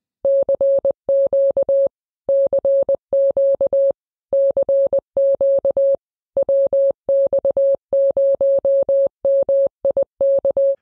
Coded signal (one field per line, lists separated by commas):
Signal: Morse code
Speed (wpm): 20 wpm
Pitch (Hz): 550 Hz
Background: none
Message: CQ CQ CQ WX0MIK